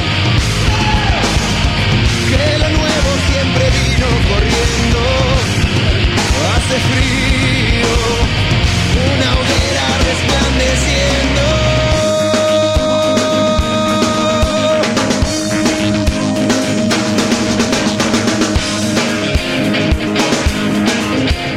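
A rock song plays loudly and continuously, with dense driving instruments and heavy low end; partway through the bass thins out and a long sustained tone rings over the busy mix.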